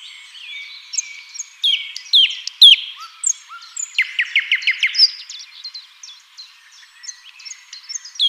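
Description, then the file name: Common nightingale song of sweet whistles and slurred notes, with a quick run of sharp repeated chips in the middle. "Luscinia megarhynchos"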